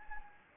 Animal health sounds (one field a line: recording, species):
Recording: mosquito wingbeat signal from an infrared sensor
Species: Anopheles gambiae